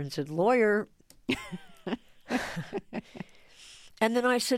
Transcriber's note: laughter